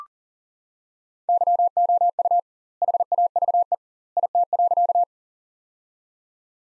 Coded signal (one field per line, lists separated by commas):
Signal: Morse code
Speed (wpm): 40 wpm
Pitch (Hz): 700 Hz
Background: none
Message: YOU HAVE IT.